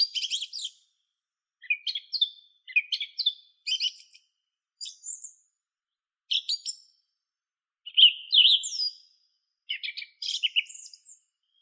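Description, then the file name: Song thrush song: a long run of short, varied phrases of chirps, trills and whistles, each given in quick bursts with brief pauses between. "Neizvesten - Drozd pevchij Turdus philomelos (Zvyki com)"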